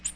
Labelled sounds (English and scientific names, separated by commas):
Ovenbird (Seiurus aurocapilla) flight call